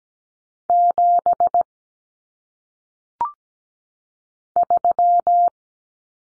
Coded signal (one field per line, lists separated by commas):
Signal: Morse code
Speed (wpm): 17 wpm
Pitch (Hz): 700 Hz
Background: none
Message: 7 3